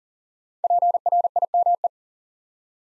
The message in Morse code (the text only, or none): PRIME